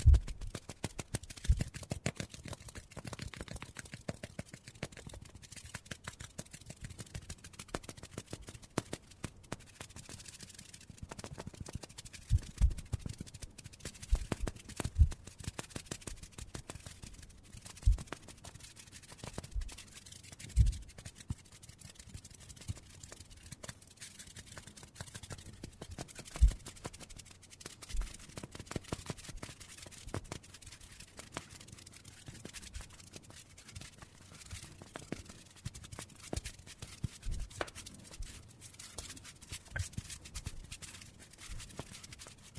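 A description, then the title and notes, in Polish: Hand sounds: dry rubbing and crackling with dense, quick ticks and rustles running the whole time. The texture stays fairly even, with occasional sharper snaps around 13, 15, 20 and 26 seconds. ASMR DŹWIĘKI DŁONI 40 MINUT! 50+ DŹWIĘKÓW.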